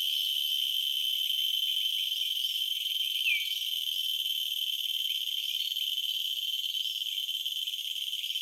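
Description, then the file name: Cicada song, a sustained high ringing tone with a brief sliding note near the middle. "Purana latifascia"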